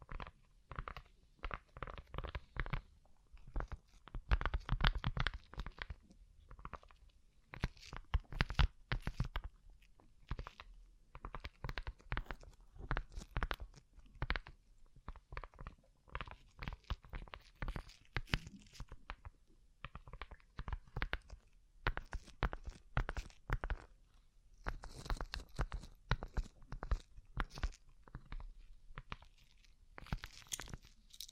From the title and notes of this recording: ASMR Rhinestone Covered Tapping 3Dio (No Talking).